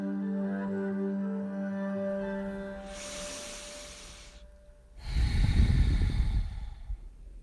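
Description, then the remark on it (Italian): A long, airy inhale followed by a heavier, louder rushing exhale, one slow deep breath cycle after a steady low tonal hum fades out. “Respirare è la prima tecnica dell'autodifesa.”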